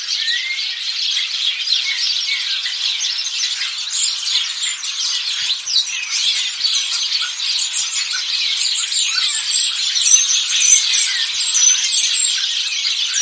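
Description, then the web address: Busy bird chorus of rapid chirps and twitters, with high thin calls repeating quickly and short slurred whistles throughout. "Deverinetal 2025. Bird Only"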